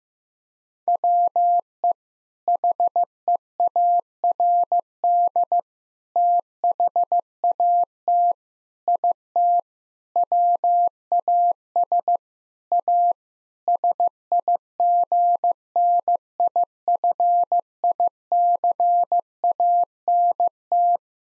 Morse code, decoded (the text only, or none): WE HEARD THAT IT WAS A SIGNIFICANT